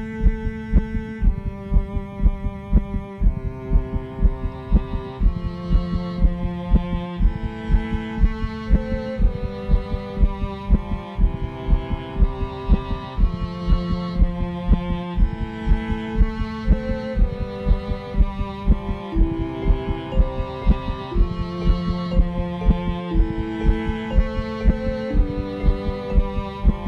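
Steady, regular heartbeat thumps of an adult patient near the end of life, recorded with an electronic digital stethoscope during a music therapy session. The heartbeat is cleaned of extra noises and looped beneath sustained instrumental chords from a song the patient wrote. The heartbeat takes precedence over the music, and there are no lyrics.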